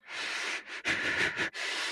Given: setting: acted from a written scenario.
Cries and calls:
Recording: vocal sound without words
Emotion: fear

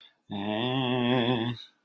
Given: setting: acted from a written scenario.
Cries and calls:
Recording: vocal sound without words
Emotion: shame

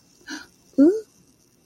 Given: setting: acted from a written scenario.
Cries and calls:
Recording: vocal sound without words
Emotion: interest

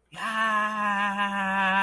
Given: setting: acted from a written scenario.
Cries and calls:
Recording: vocal sound without words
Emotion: elation

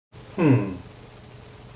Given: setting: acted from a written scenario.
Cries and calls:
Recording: vocal sound without words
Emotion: contentment

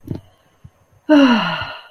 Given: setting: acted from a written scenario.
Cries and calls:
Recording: vocal sound without words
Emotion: relief

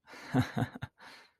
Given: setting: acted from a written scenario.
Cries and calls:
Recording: vocal sound without words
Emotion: pride

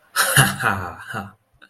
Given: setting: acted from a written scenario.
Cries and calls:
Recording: vocal sound without words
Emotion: triumph

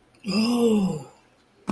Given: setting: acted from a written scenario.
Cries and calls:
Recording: vocal sound without words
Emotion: awe

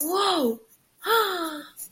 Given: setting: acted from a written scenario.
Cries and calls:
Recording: vocal sound without words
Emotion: awe

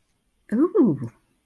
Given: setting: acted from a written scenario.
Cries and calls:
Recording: vocal sound without words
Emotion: romantic love

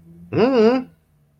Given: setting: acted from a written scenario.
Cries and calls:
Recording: vocal sound without words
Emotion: confusion

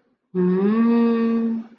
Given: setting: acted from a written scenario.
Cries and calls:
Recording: vocal sound without words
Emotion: adoration

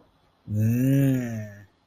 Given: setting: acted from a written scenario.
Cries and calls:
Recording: vocal sound without words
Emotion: desire

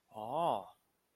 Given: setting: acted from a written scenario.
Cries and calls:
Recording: vocal sound without words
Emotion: realization

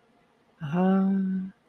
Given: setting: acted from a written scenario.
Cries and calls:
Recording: vocal sound without words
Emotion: confusion

